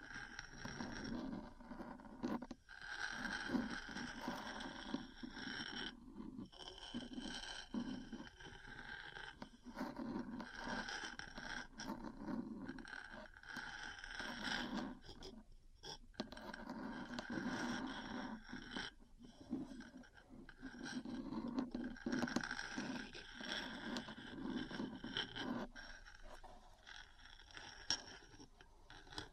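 Metal parts are scraped and tapped in a busy, continuous stretch, with gritty scratching running throughout and short breaks near 3, 6, 15 and 25 seconds. The texture is dense and ragged, with a low hum underneath and bright rasping edges on top.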